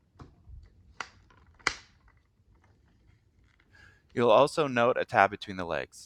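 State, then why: Seated. The second, thinner plastic tire of a Transformers Studio Series '86 Scrapheap toy is locked into the motorcycle frame so the legs can later be tabbed into the motor together. A softer plastic snap at 1.0 s is followed by a sharp snap at 1.7 s as the tire locks in place. After a quiet stretch, someone talks from about 4.2 s.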